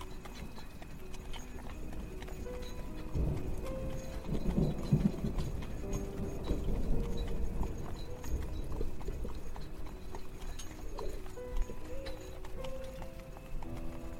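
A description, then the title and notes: A horse-drawn carriage rolls along with a steady clip-clop of hooves, low rumbling wheels, creaks and occasional faint voices over fourteen seconds. Carriage ride through the woods on the way to the castle. Carriage/ horse snort.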